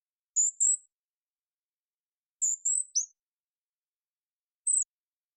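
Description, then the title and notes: Golden-crowned kinglet calls: very high, thin, lisping notes given as a pair and a triplet, separated by a pause of about one and a half seconds, with a single note near the end; no other sounds. Recorded on the Olympic Peninsula, North America, where resident, in June 2021; boreal forest species; clean-processed with all background sound and noise removed. "Golden-crowned Kinglet. I happened to record this little fellow on the Olympic Peninsula where they are resident in June of 2021"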